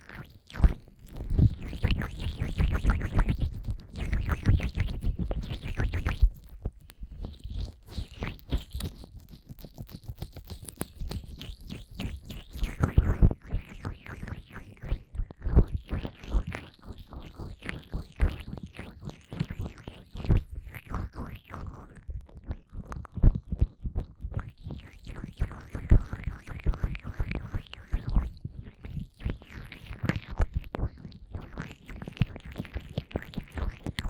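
Ear massage with cream: fast, dense squelching and rubbing strokes run throughout, heaviest in the first six seconds, with quick irregular bursts continuing.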